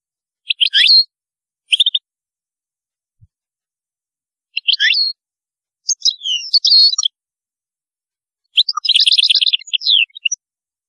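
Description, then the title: European goldfinch song in short bursts of chirpy twitters, ending in a longer, rapid trill of repeated notes. "Chant Chardonneret"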